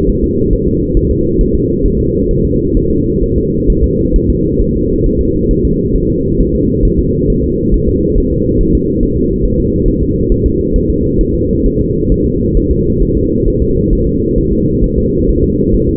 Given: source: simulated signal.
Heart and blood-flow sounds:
fetal heart sounds
0.10 s: S1
0.24 s: S2
0.53 s: S1
0.68 s: S2
0.97 s: S1
1.11 s: S2
1.41 s: S1
1.55 s: S2
1.86 s: S1
2.00 s: S2
2.31 s: S1
2.45 s: S2
2.77 s: S1
2.91 s: S2
3.23 s: S1
3.38 s: S2
3.70 s: S1
3.84 s: S2
4.16 s: S1
4.30 s: S2
4.62 s: S1
4.76 s: S2
5.06 s: S1
5.21 s: S2
5.51 s: S1
5.65 s: S2
5.96 s: S1
6.10 s: S2
6.40 s: S1
6.55 s: S2
6.85 s: S1
7.00 s: S2
7.30 s: S1
7.44 s: S2
7.74 s: S1
7.88 s: S2
8.18 s: S1
8.32 s: S2
8.61 s: S1
8.75 s: S2
9.03 s: S1
9.17 s: S2
9.45 s: S1
9.60 s: S2
9.88 s: S1
10.03 s: S2
10.32 s: S1
10.46 s: S2
10.76 s: S1
10.90 s: S2
11.21 s: S1
11.35 s: S2
11.66 s: S1
11.81 s: S2
12.12 s: S1
12.26 s: S2
12.57 s: S1
12.72 s: S2
13.03 s: S1
13.17 s: S2
13.48 s: S1
13.62 s: S2
13.93 s: S1
14.07 s: S2
14.38 s: S1
14.53 s: S2
14.84 s: S1
14.98 s: S2
15.29 s: S1
15.44 s: S2
15.74 s: S1
15.89 s: S2
From the record:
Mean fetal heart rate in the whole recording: 135 bpm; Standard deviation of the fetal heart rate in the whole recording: 3 bpm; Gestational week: 36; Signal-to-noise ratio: -10.2 dB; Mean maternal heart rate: 72 bpm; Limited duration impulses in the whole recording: present

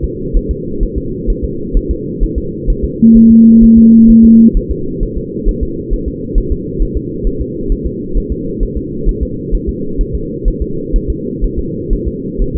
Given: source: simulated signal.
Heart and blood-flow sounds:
fetal heart sounds
0.04 s: S2
0.37 s: S1
0.51 s: S2
0.83 s: S1
0.98 s: S2
1.30 s: S1
1.44 s: S2
1.77 s: S1
1.91 s: S2
2.23 s: S1
2.38 s: S2
2.70 s: S1
2.84 s: S2
3.17 s: S1
3.31 s: S2
3.64 s: S1
3.78 s: S2
4.10 s: S1
4.25 s: S2
4.57 s: S1
4.71 s: S2
5.03 s: S1
5.17 s: S2
5.49 s: S1
5.63 s: S2
5.93 s: S1
6.08 s: S2
6.38 s: S1
6.52 s: S2
6.82 s: S1
6.97 s: S2
7.27 s: S1
7.41 s: S2
7.72 s: S1
7.86 s: S2
8.18 s: S1
8.32 s: S2
8.63 s: S1
8.77 s: S2
9.09 s: S1
9.23 s: S2
9.55 s: S1
9.69 s: S2
10.01 s: S1
10.15 s: S2
10.48 s: S1
10.62 s: S2
10.96 s: S1
11.10 s: S2
11.44 s: S1
11.59 s: S2
11.93 s: S1
12.08 s: S2
12.42 s: S1
12.56 s: S2
From the record:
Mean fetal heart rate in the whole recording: 130 bpm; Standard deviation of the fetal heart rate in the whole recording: 4 bpm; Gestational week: 38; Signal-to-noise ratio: -6.6 dB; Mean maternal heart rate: 72 bpm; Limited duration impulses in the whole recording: present

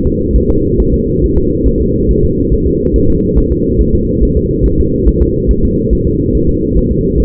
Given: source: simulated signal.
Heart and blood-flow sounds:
fetal heart sounds
0.07 s: S2
0.36 s: S1
0.50 s: S2
0.80 s: S1
0.94 s: S2
1.24 s: S1
1.38 s: S2
1.68 s: S1
1.82 s: S2
2.11 s: S1
2.25 s: S2
2.53 s: S1
2.68 s: S2
2.96 s: S1
3.10 s: S2
3.38 s: S1
3.52 s: S2
3.81 s: S1
3.95 s: S2
4.23 s: S1
4.37 s: S2
4.66 s: S1
4.80 s: S2
5.08 s: S1
5.22 s: S2
5.51 s: S1
5.65 s: S2
5.93 s: S1
6.07 s: S2
6.35 s: S1
6.49 s: S2
6.77 s: S1
6.91 s: S2
7.20 s: S1
From the record:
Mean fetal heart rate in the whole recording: 140 bpm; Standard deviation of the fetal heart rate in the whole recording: 2 bpm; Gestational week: 34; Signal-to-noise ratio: -15.3 dB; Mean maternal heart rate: 72 bpm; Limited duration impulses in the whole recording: present

